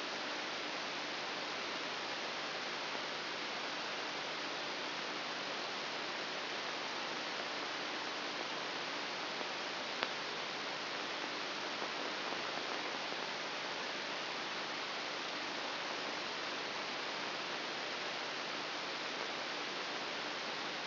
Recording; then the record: brain microelectrode recording played as sound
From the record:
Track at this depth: inside the subthalamic nucleus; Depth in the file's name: 0.209 mm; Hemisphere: right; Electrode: 3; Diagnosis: Parkinson's disease